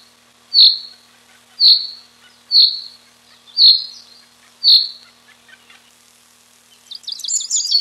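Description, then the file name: Common chaffinch giving sharp, high single call notes about once a second, five in a row, then a brief burst of fast high twittering at the end. Recorded 30 April 1993. "30 04 93 fcoelebs"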